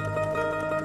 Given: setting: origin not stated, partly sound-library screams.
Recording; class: one-second piece from a danger detection set; normal situation